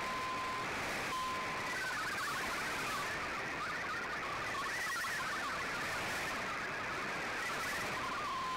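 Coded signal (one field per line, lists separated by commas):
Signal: multi-tone FSK (Olivia or MFSK type)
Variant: MFSK32 or MFSK64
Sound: a steady tone, then fast burbling, hopping musical tones over shortwave hiss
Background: radio static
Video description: Here is my decode of the Shortwave Radiogram broadcast today on 5850Khz shortwave radio at 0800UTC in MFSK32 and 64 with 11 SSTV images.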